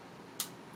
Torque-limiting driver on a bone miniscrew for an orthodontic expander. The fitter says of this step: Hear that click? That's 40.